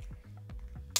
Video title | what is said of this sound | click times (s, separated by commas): I TRY ON MY TOP 10 LIPSTICKS 2021 - NINA UBHI | the packaging i love it because it's like a magnetic lid so it just snaps into place and it just looks really chic and clean | 1.0 s